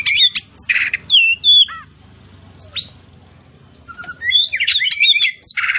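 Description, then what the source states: Oriental magpie-robin: songbird giving loud, sharp whistled notes and harsh bursts, separated by a quiet stretch with a low hum beneath, then a fresh flurry of chattering phrases. Kacer Tretes, described as gacor (singing vigorously).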